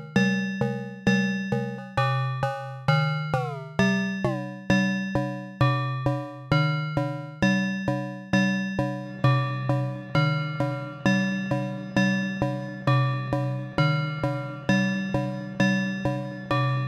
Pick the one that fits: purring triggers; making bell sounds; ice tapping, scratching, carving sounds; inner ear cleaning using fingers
making bell sounds